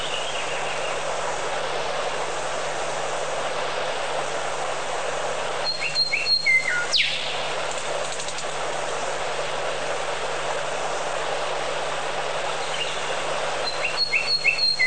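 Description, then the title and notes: Bird chirps: a few short, high, bright notes in two brief bursts, separated by a long stretch of steady background noise with a low hum. Many different kinds of birds. "Bird Sound Effects पक्षी लगता है. lots of different bird sounds"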